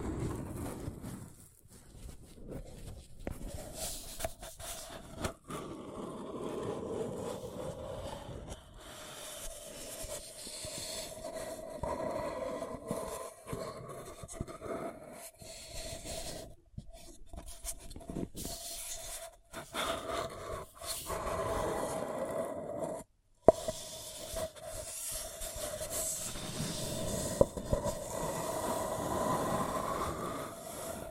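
A paper cup is handled and rubbed, giving a continuous scraping, rustling texture with a steady hollow tone that bends up and down as the cup is turned. Sharp clicks and brief taps break in irregularly, with near-silent gaps around 23 seconds.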